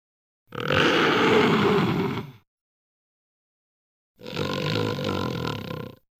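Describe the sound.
Tiger growls twice, each a deep, raspy growl near two seconds long, with a silent pause between them.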